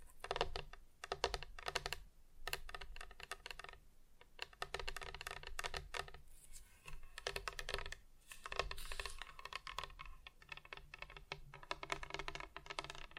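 Tapping on different surfaces comes in quick bursts of crisp, clicky hits that sound a lot like typing on a keyboard. The taps run in dense clusters with short pauses near 4 and 8 seconds, over a low, steady hum underneath.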